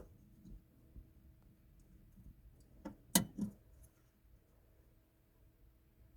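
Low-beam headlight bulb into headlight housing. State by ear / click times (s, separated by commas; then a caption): seated / 3.2 s. A low-beam headlight bulb is pushed into the headlight housing of a 2001 Subaru Outback, with faint handling noises before a soft tap at about 2.9 s. A sharp, bright snap at 3.2 s marks the bulb seating in place, followed by a brief rattle.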